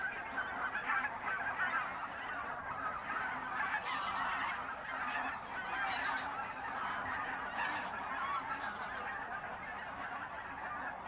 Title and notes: Oies - Geese. Enregistrement binaural d'oiseaux dans la zone re-naturalisé de Polder Glies, Sellstedt, Allemagne. Enregistré le 09 Novembre 2020